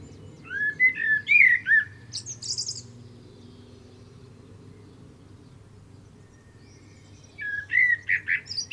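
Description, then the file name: Common blackbird song: a low fluty warbled phrase ending in a squeaky high twitter, then a quiet gap before another fluty phrase starts near the end. "Turdus merula"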